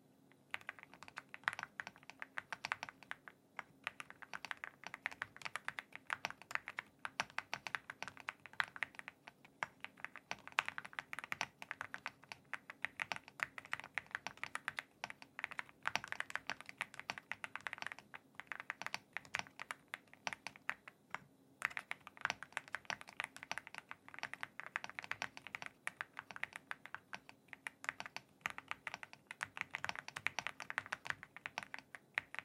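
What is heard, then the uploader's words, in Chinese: Continuous typing on a computer keyboard, with rapid, uneven key clicks filling the whole clip and only brief pauses. The clicks are crisp and bright, layered over a faint low hum. LEOBOG Hi75 Typing ASMR | NO Talking。鍵盤打字音。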